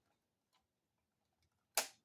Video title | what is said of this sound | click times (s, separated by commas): Sourced items: Vintage portable cassette player & Sealed 1984 Star War Empire Strikes Back VHS | just pops right in there. That's nice. | 1.8 s